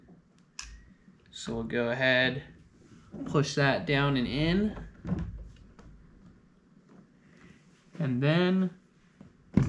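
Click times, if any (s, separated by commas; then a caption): 9.6 s. A component of the fuel pump assembly for an R32 GTR is pushed down into an FPG dual fuel pump hanger while someone talks. A sharp click is heard at 9.6 s as the part pops into place and is seated.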